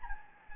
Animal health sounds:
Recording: mosquito wingbeat signal from an infrared sensor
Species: Anopheles gambiae

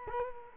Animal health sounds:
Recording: mosquito wingbeat signal from an infrared sensor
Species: Culex quinquefasciatus

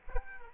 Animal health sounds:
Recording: mosquito wingbeat signal from an infrared sensor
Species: Aedes aegypti

